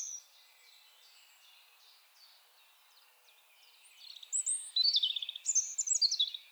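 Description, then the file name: European robin song: a few faint thin notes, then a loud rush of high, tinkling, jumbled warbling phrases over the last couple of seconds. "Erithacus rubecula"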